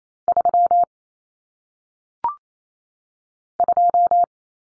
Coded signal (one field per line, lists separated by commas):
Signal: Morse code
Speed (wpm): 28 wpm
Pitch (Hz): 700 Hz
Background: none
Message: 3 2